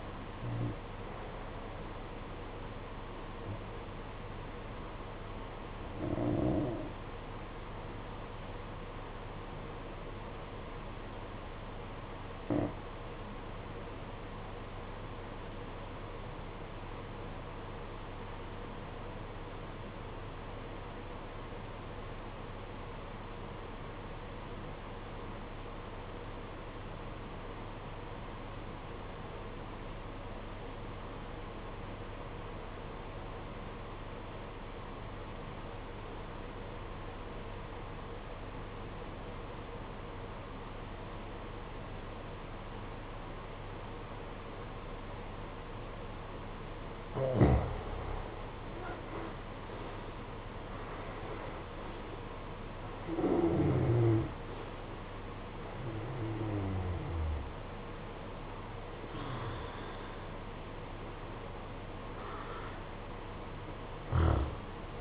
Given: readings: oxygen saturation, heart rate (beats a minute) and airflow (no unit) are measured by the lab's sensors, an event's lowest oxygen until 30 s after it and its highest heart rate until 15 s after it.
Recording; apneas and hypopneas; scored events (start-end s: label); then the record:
breathing in sleep by a voice recorder at the bedside; 1
6.00-48.40 s: obstructive apnea (REM, oxygen 95% highest, then 68% lowest, heart rate 65 at the start, 95 highest)
From the record:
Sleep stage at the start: REM sleep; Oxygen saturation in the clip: 68 to 95%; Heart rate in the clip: 59 to 95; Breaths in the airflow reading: 8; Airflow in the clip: -13.0 to 14.7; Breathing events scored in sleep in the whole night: 476 in 9.7 hours asleep